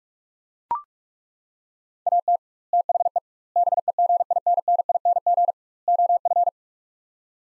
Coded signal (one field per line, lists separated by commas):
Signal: Morse code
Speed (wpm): 41 wpm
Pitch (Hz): 700 Hz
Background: none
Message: AT THE BEGINNING OF